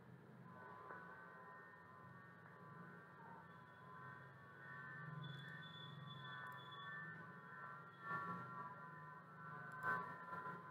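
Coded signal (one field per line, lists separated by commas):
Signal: FT8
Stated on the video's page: FT8 test transmission from a uBitx transceiver running WSJT-X through two USB sound cards.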